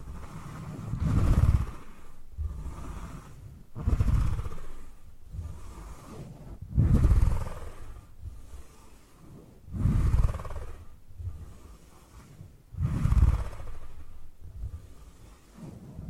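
Purring rumbles low and rough, swelling in strong pulses about every three seconds, near 1, 4, 7, 10 and 13 seconds, with softer breaths between. A faint steady hum sits beneath, and a light hiss runs through the whole stretch.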